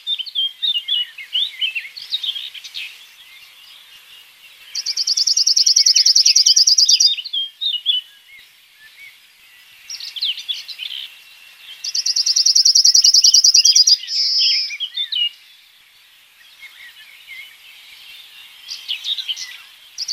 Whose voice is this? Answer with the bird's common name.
Yellowhammer